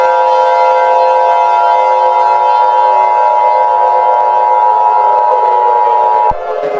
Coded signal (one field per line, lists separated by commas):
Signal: Emergency Alert System (SAME) tones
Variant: 853 and 960 Hz attention tone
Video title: Five nights at sonic’s ESCAPED! (my first ever EAS scenario